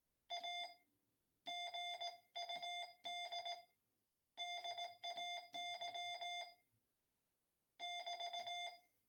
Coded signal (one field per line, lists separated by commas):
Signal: Morse code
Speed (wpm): 18 wpm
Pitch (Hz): 700 Hz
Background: none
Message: A GUD DAY <BT>